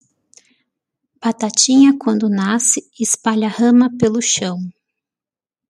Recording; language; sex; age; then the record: short text; Brazilian Portuguese; female; 40 to 49 years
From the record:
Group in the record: control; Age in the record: 48 years